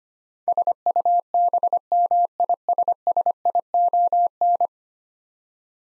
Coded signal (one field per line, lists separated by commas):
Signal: Morse code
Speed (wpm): 25 wpm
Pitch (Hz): 700 Hz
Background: none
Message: SUBMISSION